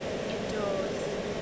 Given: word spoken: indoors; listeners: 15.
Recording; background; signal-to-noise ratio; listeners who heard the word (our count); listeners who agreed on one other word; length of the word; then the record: one English word in noise, from a listening test; speech-shaped noise; -4.4 dB; 4 of 15; 6 of 15; 1.03 s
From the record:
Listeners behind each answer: 6, 4, 3, 1, 1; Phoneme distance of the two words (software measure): 27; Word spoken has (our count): 2 syllables, 5 phonemes, stress on syllable 2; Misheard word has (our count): 2 syllables, 4 phonemes, stress on syllable 2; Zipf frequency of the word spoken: 3.88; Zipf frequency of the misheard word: 3.47